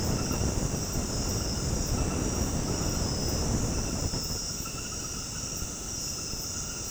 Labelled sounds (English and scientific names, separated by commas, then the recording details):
none
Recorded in dense forest near Puerto Asís, Putumayo, Colombia, on 19 February 2024 at 22:30
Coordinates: 0.486, -76.316
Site G6437